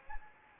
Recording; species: mosquito wingbeat signal from an infrared sensor; Anopheles gambiae